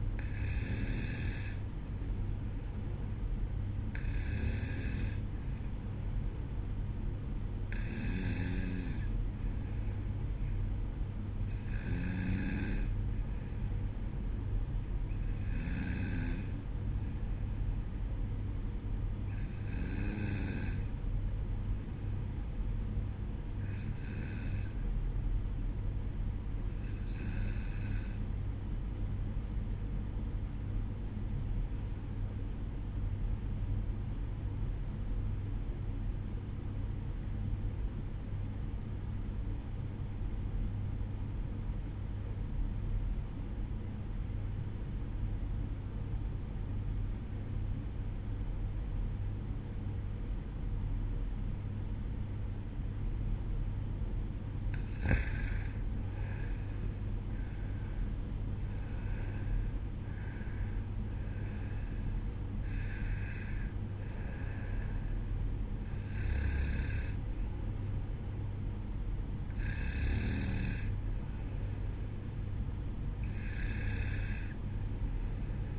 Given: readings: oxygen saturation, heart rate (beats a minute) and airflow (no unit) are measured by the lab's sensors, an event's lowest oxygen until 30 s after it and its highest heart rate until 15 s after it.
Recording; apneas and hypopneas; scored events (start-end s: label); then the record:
breathing in sleep by a smartphone at the bedside; 1
13.00-43.00 s: new sleep stage, N2 (light sleep)
27.00-55.00 s: obstructive apnea (N2, oxygen 95% highest, then 89% lowest, heart rate 61 at the start, 71 highest)
43.00-75.79 s: new sleep stage, N1 (lightest sleep)
From the record:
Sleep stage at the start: N1 (lightest sleep); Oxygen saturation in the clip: 89 to 95%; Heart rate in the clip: 61 to 71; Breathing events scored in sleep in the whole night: 305 in 9.6 hours asleep